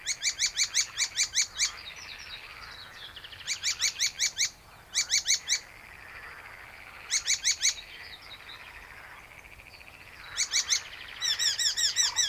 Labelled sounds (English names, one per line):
Icterine Warbler